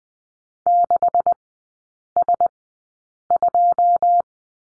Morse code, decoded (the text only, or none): 6S2